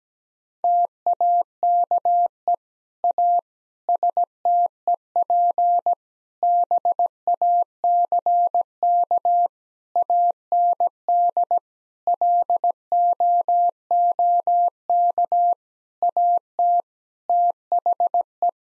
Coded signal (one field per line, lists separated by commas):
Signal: Morse code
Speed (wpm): 17 wpm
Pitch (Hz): 700 Hz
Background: none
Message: TAKE A STEP BACK AND LOOK AT THE